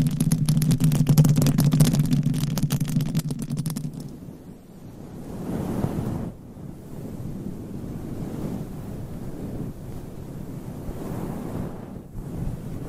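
Nails scratch rapidly across a covered microphone for the first four seconds, a dense crackling rasp over a heavy low rumble. The scratching then stops, giving way to softer, muffled rubbing that swells and fades in slow, wave-like sweeps, strongest around six and eleven seconds.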